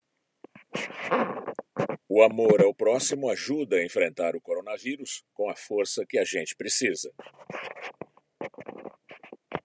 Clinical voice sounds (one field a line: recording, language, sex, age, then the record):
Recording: spoken sentence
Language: Brazilian Portuguese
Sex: male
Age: 60 to 69 years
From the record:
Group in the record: control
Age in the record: 66 years